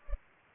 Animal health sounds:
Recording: mosquito wingbeat signal from an infrared sensor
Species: Culex pipiens

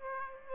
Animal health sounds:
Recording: mosquito wingbeat signal from an infrared sensor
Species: Aedes aegypti

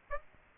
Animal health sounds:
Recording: mosquito wingbeat signal from an infrared sensor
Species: Aedes aegypti

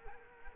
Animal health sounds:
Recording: mosquito wingbeat signal from an infrared sensor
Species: Culex quinquefasciatus

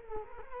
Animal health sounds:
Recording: mosquito wingbeat signal from an infrared sensor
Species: Culex quinquefasciatus

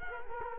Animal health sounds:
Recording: mosquito wingbeat signal from an infrared sensor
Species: Culex quinquefasciatus

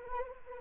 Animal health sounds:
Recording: mosquito wingbeat signal from an infrared sensor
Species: Anopheles arabiensis

